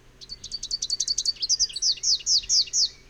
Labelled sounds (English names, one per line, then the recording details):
Rufous-capped Warbler song
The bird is a male
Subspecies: rufifrons
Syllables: 25
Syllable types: 6
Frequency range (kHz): 2.2-6.7 kHz
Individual FV-R02-M